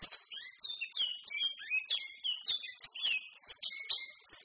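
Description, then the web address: Great-billed Seed-Finch: bicudo song, rapid high whistled notes in short repeated phrases, bright and slurred. Songs in the "trem" song style. "bicudario cantos trem"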